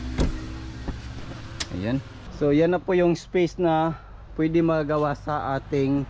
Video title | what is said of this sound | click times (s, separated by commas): NV100 NISSAN CLIPPER RIO TOP OF THE LINE | then hilain natin dito sa gilid Ayan mag-click na siya ayan | 1.6 s